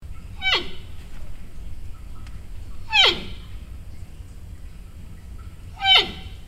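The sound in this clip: Giant panda calls: three sharp, descending squealing sweeps dropping from high to low pitch, spaced roughly every two and a half to three seconds, over a quiet low rumble.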